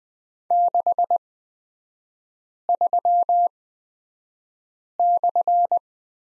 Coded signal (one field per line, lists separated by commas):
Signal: Morse code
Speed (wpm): 20 wpm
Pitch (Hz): 700 Hz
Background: none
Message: 63/